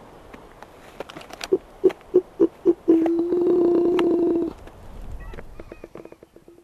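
Black-browed albatross calling: a run of evenly spaced clacking pulses, then a steady droning moan, followed by quieter scattered clicks and short notes.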